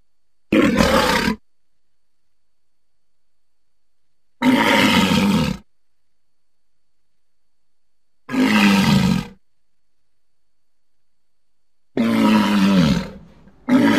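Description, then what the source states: Walrus gives four harsh, grunting roars, each about a second long, spaced roughly four seconds apart with silence in between, then a fifth begins at the end. Antarctica.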